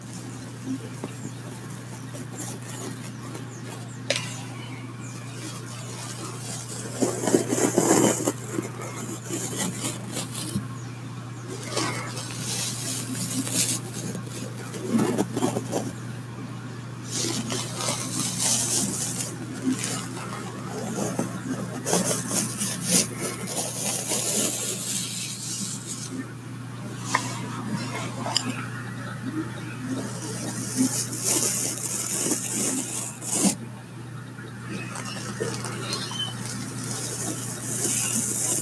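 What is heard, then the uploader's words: Irregular light tapping and bursts of bright, hissy brushing come and go over a steady low hum, with a few sharper knocks around eight seconds. Tapping and brushing sounds. The types of brushes I used where new paint brushes that sounded amazing!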